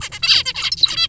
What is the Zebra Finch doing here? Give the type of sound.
song